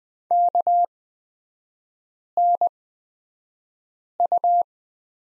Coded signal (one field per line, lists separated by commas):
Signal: Morse code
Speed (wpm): 20 wpm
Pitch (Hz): 700 Hz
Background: none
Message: KNU